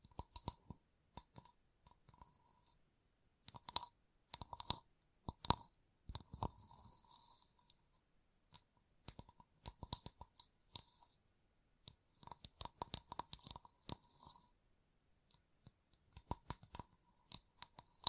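Fingertips covered in gems tap and scratch in quick irregular bursts of sharp clicks, with short bright scratchy runs between near-silent pauses.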